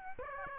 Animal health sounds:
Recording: mosquito wingbeat signal from an infrared sensor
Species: Aedes aegypti

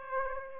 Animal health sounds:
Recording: mosquito wingbeat signal from an infrared sensor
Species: Aedes aegypti

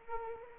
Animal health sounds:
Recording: mosquito wingbeat signal from an infrared sensor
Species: Anopheles arabiensis

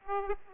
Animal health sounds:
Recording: mosquito wingbeat signal from an infrared sensor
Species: Aedes aegypti

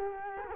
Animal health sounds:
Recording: mosquito wingbeat signal from an infrared sensor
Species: Culex quinquefasciatus

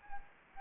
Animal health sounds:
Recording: mosquito wingbeat signal from an infrared sensor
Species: Anopheles gambiae

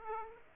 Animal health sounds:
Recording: mosquito wingbeat signal from an infrared sensor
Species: Aedes aegypti

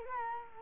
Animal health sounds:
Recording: mosquito wingbeat signal from an infrared sensor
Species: Culex quinquefasciatus

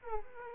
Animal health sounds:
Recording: mosquito wingbeat signal from an infrared sensor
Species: Aedes aegypti

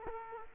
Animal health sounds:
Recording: mosquito wingbeat signal from an infrared sensor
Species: Culex quinquefasciatus

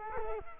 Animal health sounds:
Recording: mosquito wingbeat signal from an infrared sensor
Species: Culex quinquefasciatus

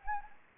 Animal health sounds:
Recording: mosquito wingbeat signal from an infrared sensor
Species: Anopheles gambiae

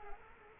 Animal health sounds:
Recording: mosquito wingbeat signal from an infrared sensor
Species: Culex quinquefasciatus

